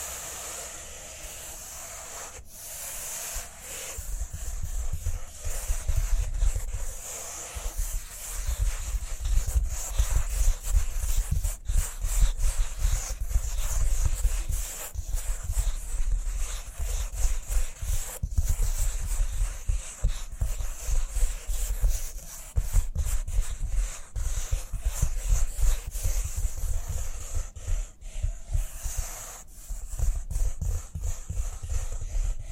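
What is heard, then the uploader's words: Cork being rubbed and handled in a steady stream of dense scratchy friction for the whole stretch. Heavy low rumbling thuds underlie soft crackling, with brief sharp taps and pauses scattered throughout. A constant thin high hiss sits above everything. ASMR Cork Triggers. (No Talking).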